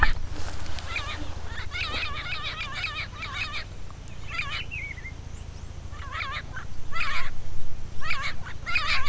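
Bird calls: harsh, buzzy harmonic notes in quick repeated bursts, with a short upward whistle midway and a louder run of calls near the end, over a steady low hum.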